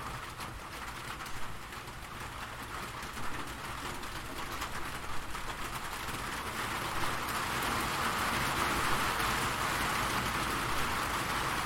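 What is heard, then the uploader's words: Rain falls in a dense, steady hiss of fine patter spread from low to high. It grows slightly louder and brighter after about six seconds, then holds even. A faint low hum runs underneath, perhaps traffic. 39 Minutes of Soothing Rain Sounds.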